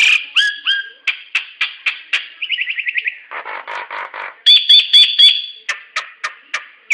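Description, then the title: Nias hill myna in a busy sequence of sharp clicks and chirps, a quick trilled run, a stretch of harsh rasping, then loud ringing whistles and more clipped notes. "Burung jalak nias"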